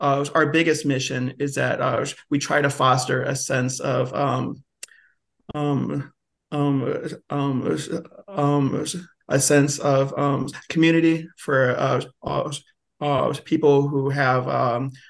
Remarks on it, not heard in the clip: I happen to be a person who stutters. I'm also a little bit in the middle of a cold, so we have to contend with a speech impediment and a voice that sounds way worse than normal.